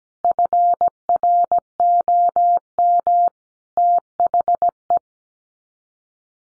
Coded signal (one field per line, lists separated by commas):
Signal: Morse code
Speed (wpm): 17 wpm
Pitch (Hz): 700 Hz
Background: none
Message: FROM THE